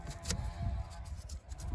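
The plastic locking lip on the large wiring connector of the engine ECU of a 2014 Kia Sportage 2.0 CRDI is handled as it is being raised, with low rumbling, a steady faint hum and a few short broadband bursts. Nothing has seated or clicked into position yet.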